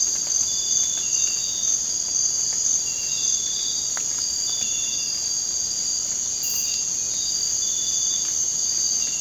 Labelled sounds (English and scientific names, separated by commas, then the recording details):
none
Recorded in secondary vegetation near Puerto Asís, Putumayo, Colombia, on 19 March 2025 at 01:00
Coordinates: 0.484, -76.319
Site G010